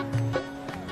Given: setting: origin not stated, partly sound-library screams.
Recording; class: one-second piece from a danger detection set; normal situation